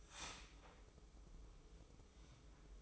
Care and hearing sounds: daily activity, microphone in the room; start toaster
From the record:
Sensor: 1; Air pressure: 995.3 hPa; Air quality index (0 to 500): 25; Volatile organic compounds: 0 ppm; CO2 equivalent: 500 ppm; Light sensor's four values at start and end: 18/59/21/23 and 18/59/21/23

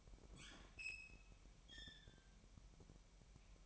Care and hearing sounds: daily activity, microphone in the room; open fridge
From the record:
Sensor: 1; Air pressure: 1001.9 hPa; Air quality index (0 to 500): 240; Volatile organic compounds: 45 ppm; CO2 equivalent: 3231 ppm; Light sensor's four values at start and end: 8/28/10/11 and 8/28/10/11

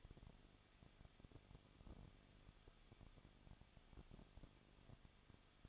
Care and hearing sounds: daily activity, microphone in the room; no activity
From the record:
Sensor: 4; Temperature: 23.0 degrees Celsius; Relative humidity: 34.3%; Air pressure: 1007.3 hPa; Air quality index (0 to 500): 217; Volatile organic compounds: 15 ppm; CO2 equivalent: 2519 ppm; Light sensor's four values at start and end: 2/3/1/1 and 2/3/1/1

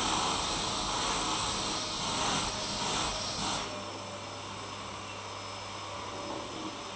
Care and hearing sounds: daily activity, microphone in the room; vacuum cleaning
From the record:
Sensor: 1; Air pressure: 999.3 hPa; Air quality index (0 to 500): 206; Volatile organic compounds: 48 ppm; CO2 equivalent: 3262 ppm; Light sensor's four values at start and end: 9/21/8/9 and 8/20/8/8

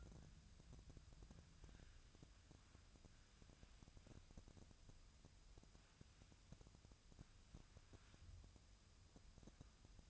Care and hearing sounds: daily activity, microphone in the room; wipe stove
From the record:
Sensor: 2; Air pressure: 1004.6 hPa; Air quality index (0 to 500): 77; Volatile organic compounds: 1 ppm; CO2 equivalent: 921 ppm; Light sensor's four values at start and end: 7/16/6/6 and 7/16/6/6

